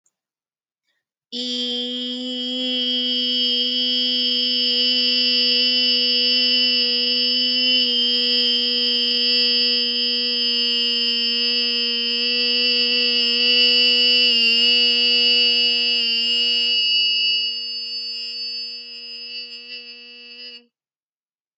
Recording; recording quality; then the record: sustained vowel as in beet; excellent, no background noise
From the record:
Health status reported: healthy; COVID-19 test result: negative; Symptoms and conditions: cough, cold, fever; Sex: female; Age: 29 years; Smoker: not ticked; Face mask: not worn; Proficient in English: yes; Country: India